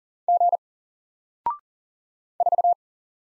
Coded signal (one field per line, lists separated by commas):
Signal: Morse code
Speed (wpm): 40 wpm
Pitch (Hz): 700 Hz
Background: none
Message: G 4